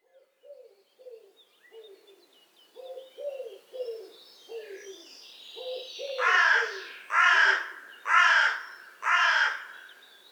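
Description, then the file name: Carrion crow making a run of short, softer, lower croaks, then four loud rasping caws roughly a second apart near the end. "Corvus corone"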